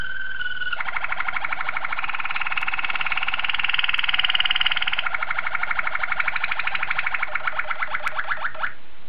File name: suara kenari waterslager